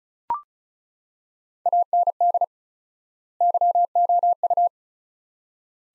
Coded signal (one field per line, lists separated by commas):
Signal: Morse code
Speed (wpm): 36 wpm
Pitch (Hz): 700 Hz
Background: none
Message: AND YOU